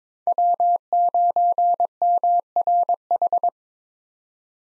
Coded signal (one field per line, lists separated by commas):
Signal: Morse code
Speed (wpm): 22 wpm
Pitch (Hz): 700 Hz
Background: none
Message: W9MRH